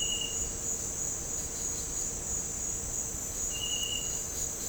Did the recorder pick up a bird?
no